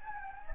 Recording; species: mosquito wingbeat signal from an infrared sensor; Anopheles gambiae